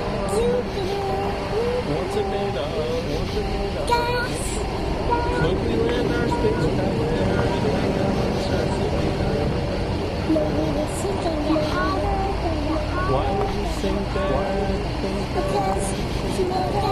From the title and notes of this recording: Recording of Interstate 91 in Northampton MA in 1998. All recordings by Dan Bodah.